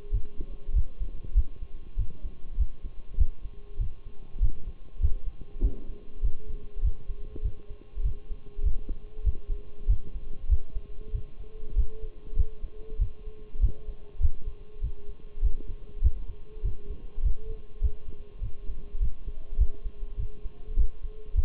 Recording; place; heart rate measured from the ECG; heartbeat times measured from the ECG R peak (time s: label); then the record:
heart sounds by stethoscope; between the tricuspid and mitral areas; 99 bpm
0.13 s: heartbeat
0.75 s: heartbeat
1.36 s: heartbeat
1.98 s: heartbeat
2.59 s: heartbeat
3.19 s: heartbeat
3.80 s: heartbeat
4.42 s: heartbeat
5.02 s: heartbeat
5.63 s: heartbeat
6.24 s: heartbeat
6.84 s: heartbeat
7.44 s: heartbeat
8.05 s: heartbeat
8.65 s: heartbeat
9.26 s: heartbeat
9.89 s: heartbeat
10.50 s: heartbeat
11.14 s: heartbeat
11.77 s: heartbeat
12.38 s: heartbeat
13.00 s: heartbeat
13.62 s: heartbeat
14.22 s: heartbeat
14.83 s: heartbeat
15.44 s: heartbeat
16.03 s: heartbeat
16.64 s: heartbeat
17.24 s: heartbeat
17.83 s: heartbeat
18.43 s: heartbeat
19.02 s: heartbeat
19.60 s: heartbeat
20.19 s: heartbeat
20.78 s: heartbeat
21.37 s: heartbeat
From the record:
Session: Bruce protocol treadmill stress test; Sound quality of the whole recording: partially saturated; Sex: male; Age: 23 years